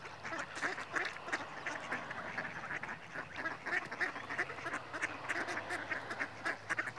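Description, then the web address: Mallard, raspy quacking calls in rapid, overlapping bursts throughout, over a steady background hiss. Male. "BBC Sound Effects Library - Birds Mallard (Anas Platyrhynchos) Male"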